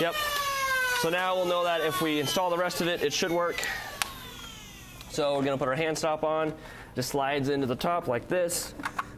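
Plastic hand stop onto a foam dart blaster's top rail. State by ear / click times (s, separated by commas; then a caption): not seated / none. A 3D-printed plastic hand stop is being slid onto the top rail of a foam dart blaster while someone talks over a steady background tone, with a few brief handling taps near 4.0, 5.0 and 9.0 seconds. The clip ends before the hand stop goes home, and nothing has seated or clicked yet.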